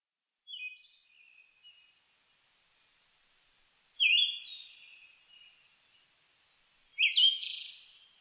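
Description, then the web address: Siberian thrush song: short phrases of a low warbled note joined to a thin, high buzzy squeak, given three times about every three seconds, trailing into soft twitters. Recorded 29 May 2004. "2004 040529 mamijiro"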